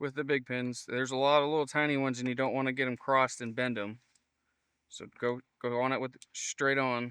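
A multi-pin plastic wiring harness connector for a 5th-gen RAM is lined up by its big pins and handled to go straight onto a PAC AP4 CH42 audio integration module, so the many tiny pins don't cross and bend. Someone talks throughout, with a brief quiet gap around 4 to 5 seconds. Nothing has seated or clicked yet.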